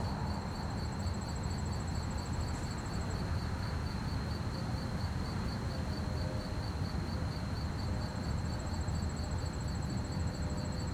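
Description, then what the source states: Crickets keep up a quick, uniform chirping; a higher trill sounds at the start and returns late, with faint low humming and soft wind noise beneath. Fast-chirping crickets at night on a quiet street, with distant activity and slight wind; stereo.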